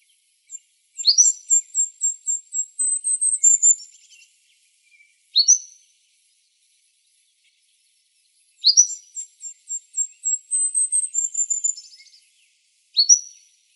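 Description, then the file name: Golden-crowned kinglet giving two songs about eight seconds apart. Each is a series of tiny piercing notes climbing in pitch and breaking into a fast tumbling chatter, with a lone high note following. Arizona, 3 November 2005. "GCKI 1 A deviche"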